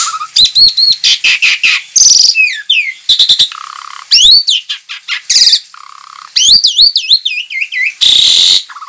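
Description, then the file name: Javan pied starling singing a lively medley of rising and falling whistles, harsh buzzy bursts and quick chattering notes, with only brief gaps. Lure song, known locally as pancingan. "suara pancingan jalak suren"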